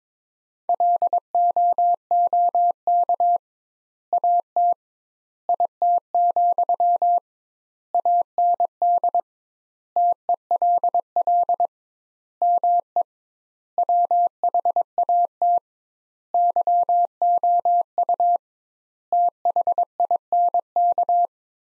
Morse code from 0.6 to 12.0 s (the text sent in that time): LOOK AT IT, AND TELL